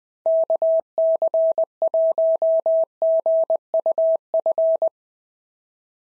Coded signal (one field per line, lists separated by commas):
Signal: Morse code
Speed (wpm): 18 wpm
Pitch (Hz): 650 Hz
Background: none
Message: KC1GUF